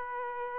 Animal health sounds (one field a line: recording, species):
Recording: mosquito wingbeat signal from an infrared sensor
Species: Aedes aegypti